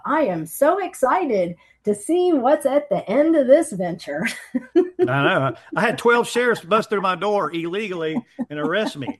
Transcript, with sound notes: I am so excited to see what's at the end of this venture." (laughs)
I know. I had 12 sheriffs bust through my door illegally-
(laughs)
... and arrest me.